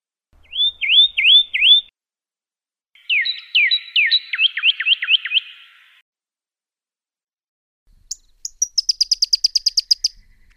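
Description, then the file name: Pyrrhuloxia song: a set of looping whistles, then a faster series of sharp downslurred notes, and finally a rapid high ticking trill. Compilation of several recordings. "kompilasi suara burung pyrrhuloxia omkicau"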